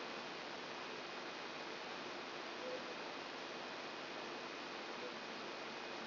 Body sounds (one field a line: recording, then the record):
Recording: brain microelectrode recording played as sound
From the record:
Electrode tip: outside the subthalamic nucleus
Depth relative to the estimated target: 5 mm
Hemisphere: right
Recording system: AlphaMap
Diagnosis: Parkinson's disease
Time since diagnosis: 14 years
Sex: female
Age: 63 years